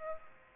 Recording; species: mosquito wingbeat signal from an infrared sensor; Aedes aegypti